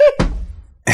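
A brief voiced sound gives way to one sudden, harsh cough burst from an adult that fades over about half a second, with another sharp noise starting at the end. It is a single plain cough in a small indoor room.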